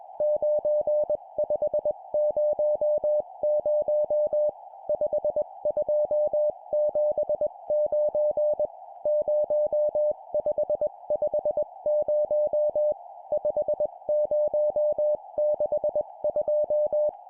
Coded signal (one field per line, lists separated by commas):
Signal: Morse code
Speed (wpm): 21 wpm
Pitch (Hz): 600 Hz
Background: music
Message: 9500 5279 0550 5062